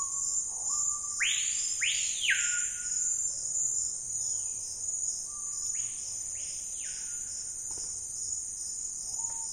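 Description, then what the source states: Screaming piha calls twice, each a low held note then two loud swooping whistles rising and falling, over a steady shrill insect chorus. Wild birds in the Amazon Basin rainforest, area of dense canopy but sparse undergrowth, on a calm afternoon, calling amid an insect and frog chorus.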